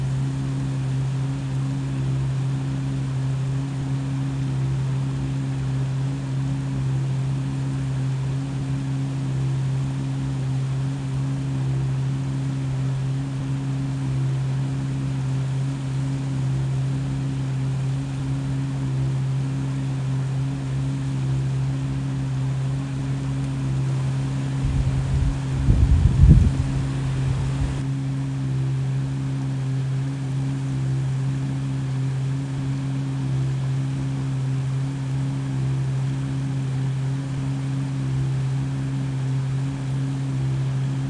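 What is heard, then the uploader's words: Water runs over rocks in a steady, even wash while a deep engine hum drones underneath, holding low, constant tones from a distance. Around the 25-second mark a brief, louder low rumble swells and fades, then the flow and hum continue unchanged. Stream water running over rocks with calming hum from a distant engine in Phoenix Arizona. This week, I camped out by a stream just South of Phoenix, AZ near one of the amazing resorts. You’ll hear the water and the hum of the big engine in the distance.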